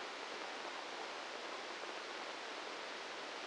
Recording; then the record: brain microelectrode recording played as sound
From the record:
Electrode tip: outside the subthalamic nucleus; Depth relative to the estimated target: -8 mm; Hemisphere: right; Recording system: NeuroSet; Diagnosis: Parkinson's disease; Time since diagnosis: 15 years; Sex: male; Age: 65 years